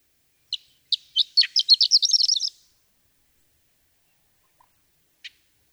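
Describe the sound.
Horned lark singing one short phrase: sparse high chips accelerating into a fast, sputtering, tinkling jumble, ending abruptly after about two seconds, followed by two separate later notes.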